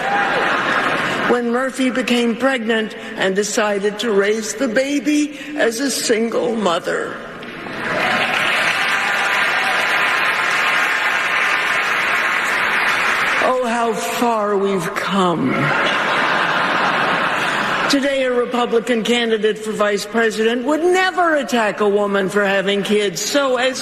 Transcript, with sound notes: When Murphy became pregnant and decided to raise the baby as a single mother. (Applause) Oh, how far we've come. (Laughter) Today a Republican candidate for Vice President would never attack a woman for having kids.